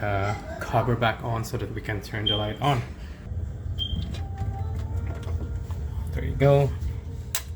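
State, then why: Seated. A plastic hose connector or valve block is clicked onto the head of a VEVOR 660GPH 5-stage canister aquarium filter, so that each hose can be positioned separately. Someone talks over a low steady hum, with a few faint taps. A sharp click at 7.3 s shows the connector seating.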